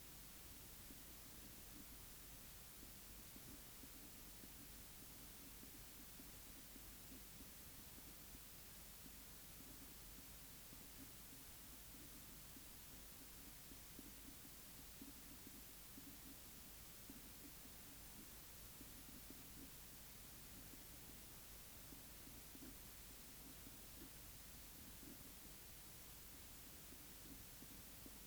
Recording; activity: daily activity, guitar pickup as the sensor; write